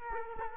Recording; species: mosquito wingbeat signal from an infrared sensor; Culex quinquefasciatus